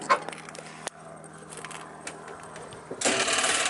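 Someone pushes the motor mover engagement lever on a 2020 Adria 552PK Sport caravan across, towards the back of the caravan, to press the mover's roller against the tyre. A sharp click at 0.9 s, among a few smaller knocks, means the mover on the far side has also engaged, and a loud steady broadband noise starts at about 3.0 s.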